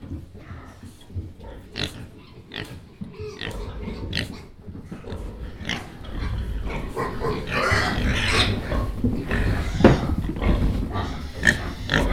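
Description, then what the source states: Pig grunts and snuffling mixed with clattering and knocking sounds, growing louder and busier toward the end. Binaural recording.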